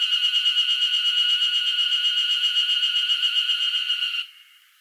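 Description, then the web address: Cicada drone, an even, rasping buzz with a rapid throb of roughly four pulses a second that stops sharply just before the end. Northern Japan, summer. "Sound Effects-Foundation INSECT CICADA NORTHERN JAPAN SUMMER"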